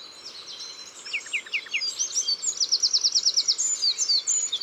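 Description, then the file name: Eurasian wren song: a fast, high, ringing run of trills and sharp repeated notes that grows louder into a rapid rattling series in the second half. Recorded in the Drôme, France. "Troglodyte mignon Concerts Naturels de la Drome Studio les Trois Becs"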